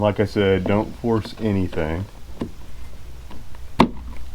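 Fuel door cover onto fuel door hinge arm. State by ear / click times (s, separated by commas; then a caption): seated / 3.8 s. A carbon fiber fuel door cover for a Camaro ZL1 1LE is slid onto the fuel door hinge arm until its locking tab catches. Someone talks at first, then a few faint ticks follow before a sharp, loud snap at 3.8 s. The cover is seated on the hinge arm.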